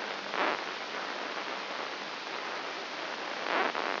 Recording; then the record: brain microelectrode recording played as sound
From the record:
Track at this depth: inside the subthalamic nucleus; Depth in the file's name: 5.301 mm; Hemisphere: left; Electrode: 2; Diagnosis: Parkinson's disease